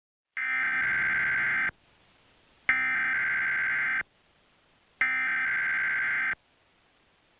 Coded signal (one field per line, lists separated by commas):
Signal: Emergency Alert System (SAME) tones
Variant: header bursts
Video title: WPVI Emergency Alert System (EAS) Tests, 8/17 and 8/22, 2023